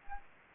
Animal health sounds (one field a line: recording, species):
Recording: mosquito wingbeat signal from an infrared sensor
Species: Aedes aegypti